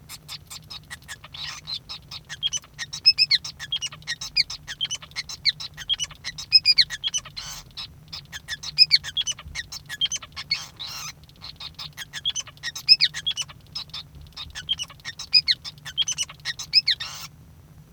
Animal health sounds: song of a male Bengalese finch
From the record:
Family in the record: son of father 5

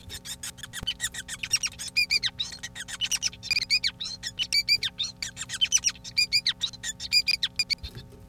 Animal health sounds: song of a male Bengalese finch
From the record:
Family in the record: son of father 5

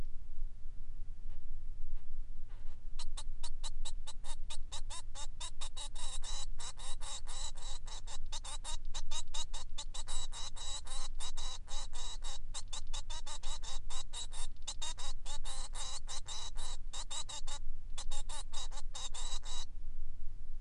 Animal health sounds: song of a male Bengalese finch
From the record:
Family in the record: son of father 3

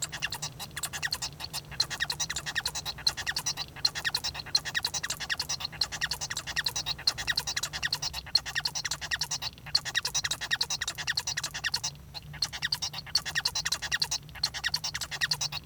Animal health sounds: song of a male Bengalese finch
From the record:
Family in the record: son of father 1

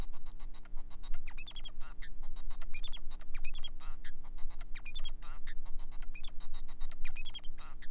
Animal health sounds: song of a male Bengalese finch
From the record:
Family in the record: son of father 4

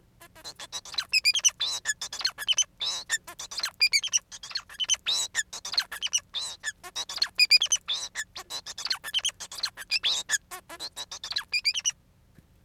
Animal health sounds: song of a male Bengalese finch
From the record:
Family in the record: son of father 4

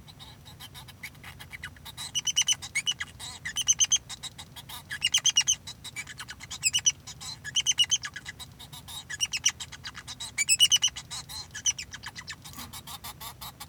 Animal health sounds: song of a male Bengalese finch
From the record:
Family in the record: son of father 2

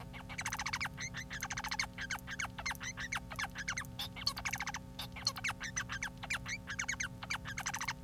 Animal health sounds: song of a male Bengalese finch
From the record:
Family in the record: son of father 4

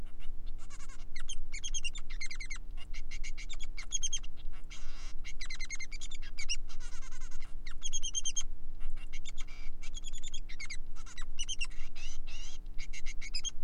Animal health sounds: song of a male Bengalese finch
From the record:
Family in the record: son of father 3

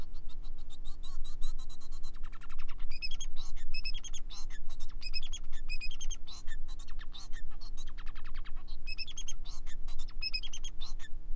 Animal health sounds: song of a male Bengalese finch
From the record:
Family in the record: son of father 4

